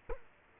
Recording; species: mosquito wingbeat signal from an infrared sensor; Culex quinquefasciatus